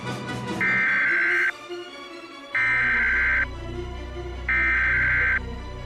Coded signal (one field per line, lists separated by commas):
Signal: Emergency Alert System (SAME) tones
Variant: header bursts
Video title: EAS Scenario - True Killer